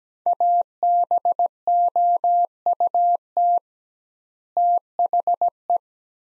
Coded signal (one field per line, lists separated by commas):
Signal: Morse code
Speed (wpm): 17 wpm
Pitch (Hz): 700 Hz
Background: none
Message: ABOUT THE